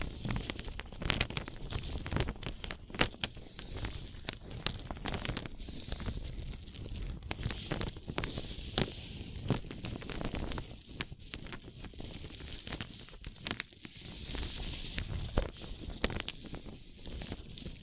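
Paper cup tingles: a dense, steady run of crinkly crackles and quick scratchy taps, with low rumbling handling underneath throughout.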